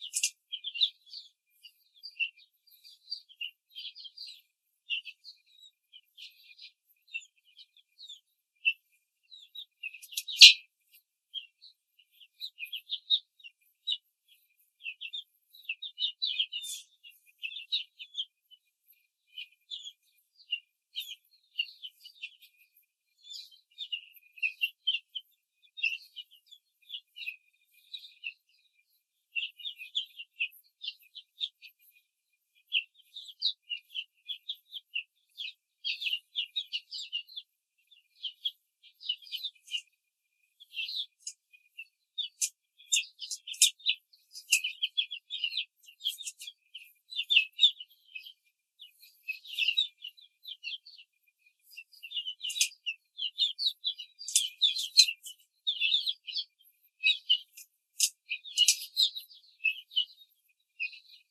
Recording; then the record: young laying hens in a cage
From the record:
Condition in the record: control cage, before the stress test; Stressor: none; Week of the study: 4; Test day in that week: 1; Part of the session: 2